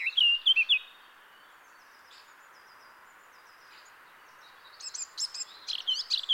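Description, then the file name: Eurasian blackcap song: a short burst of high, scratchy warbled notes at the start, a quiet gap, then a longer chattering warble returning near the end. "Sylvia atricapilla"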